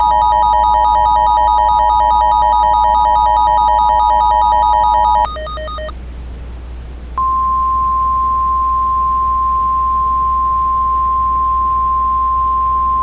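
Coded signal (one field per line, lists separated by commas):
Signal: Emergency Alert System (SAME) tones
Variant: 853 and 960 Hz attention tone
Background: music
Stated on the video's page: Mockup of a short required weekly EAS test on radio, made to test the EASyKIT.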